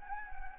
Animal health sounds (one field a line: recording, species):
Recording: mosquito wingbeat signal from an infrared sensor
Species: Anopheles gambiae